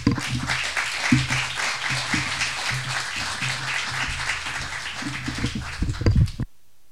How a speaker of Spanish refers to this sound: Le agradecemos mucho al doctor por honrarnos hoy con su presencia y a disfrutar de esta conferencia. Lo recibimos con un aplauso.